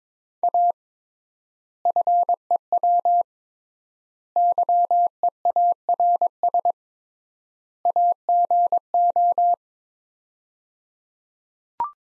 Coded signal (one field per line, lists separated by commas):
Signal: Morse code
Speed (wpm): 22 wpm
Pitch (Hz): 700 Hz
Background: none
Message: A FEW YEARS AGO